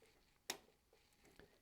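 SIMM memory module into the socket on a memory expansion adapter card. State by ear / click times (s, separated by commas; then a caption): seated / 0.5 s. A SIMM memory module is pressed into its socket on a 2-8Mb memory expansion adapter card for an IBM PS/2 Model 55SX. The socket's retaining clips snap shut with one sharp, bright click at 0.5 s, followed by a much fainter tick near 1.4 s. The module latches into place and is seated.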